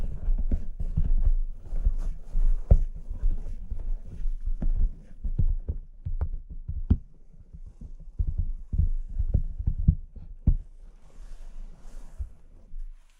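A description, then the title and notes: Soft tapping and scratching on the face and a camera, irregular dull thumps several per second over a low rustle, fading near the end. Touching & Tapping Your Face (No Talking) Camera Tapping, Scratching, etc.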